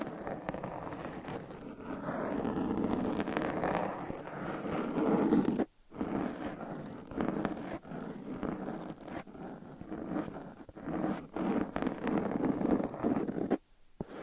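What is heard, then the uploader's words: Scratching and rubbing with soft tapping runs almost without a break, a dense, rough texture centred in the low-middle range with crisp edges on top. Two short silences fall near six and fourteen seconds, and small pauses and taps punctuate the rest. Changing Triggers Every 30 Seconds Scratching , Tapping , Massage & More No Talking.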